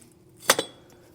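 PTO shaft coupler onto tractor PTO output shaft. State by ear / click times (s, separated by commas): seated / 0.5 s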